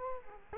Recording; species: mosquito wingbeat signal from an infrared sensor; Culex quinquefasciatus